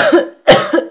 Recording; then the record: coughing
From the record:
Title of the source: Coughing Woman Sound - Woman Cough Sound Effect